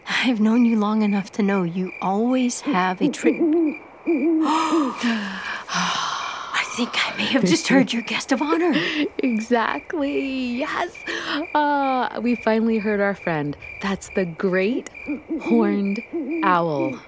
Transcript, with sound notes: I’ve known you long enough to know you always have a tr— (Owl hooting) (Gasps) I think I may have just heard your guest of honor!
(chuckling) Exactly! We finally heard our friend, the Great Horned Owl!